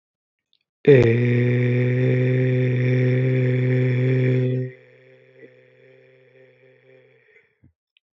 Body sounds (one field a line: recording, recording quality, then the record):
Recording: sustained vowel as in made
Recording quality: excellent, no background noise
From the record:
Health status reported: healthy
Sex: male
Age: 22 years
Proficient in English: yes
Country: Canada